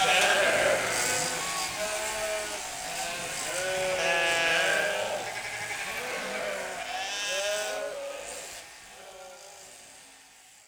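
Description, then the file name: Sheep bleating repeatedly, several quavering calls overlapping, then fading toward the end. Ewes during shearing at Saint-Pierreville, Ardèche; not large animals, averaging about 50 kg; they push off as soon as they feel a support such as a wall. "La-tonte-des-brebis-Saint-Pierreville-Ambiances-Sonores-d Ardeche-Studio-Les-Trois-Becs"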